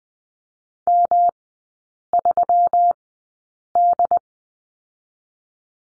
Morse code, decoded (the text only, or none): M3D